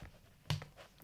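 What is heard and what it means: A power cable connector is clipped into a NURSAL Shiatsu neck massage pillow, since it must be clipped properly or the massager may seem to stop working. A sharp click at 0.5 s marks the end seating, followed by a few fainter small clicks. The connector is seated.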